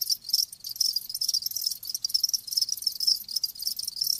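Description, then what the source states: Crickets chirping in a dense, continuous high-pitched stream of rapid pulses with no clear pauses. Live crickets chirping, a lulling song.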